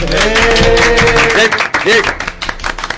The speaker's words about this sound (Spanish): Sí, señor, os doy la enhorabuena, un aplauso.